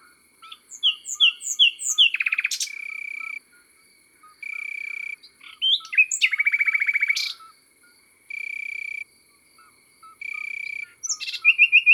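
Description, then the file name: Common nightingale song with rapid descending whistled notes and fast rattling trills, separated by pauses filled with steady insect trills; a constant high hum continues underneath. Song recorded in the countryside. "Rossignol philomele Chants doiseaux dans la campagne"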